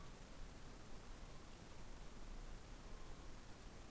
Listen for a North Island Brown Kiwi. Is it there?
no